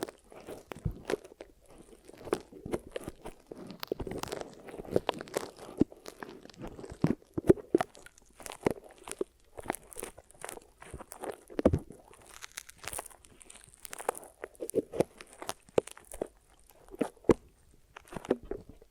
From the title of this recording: Glue Ear Massage and Cleaning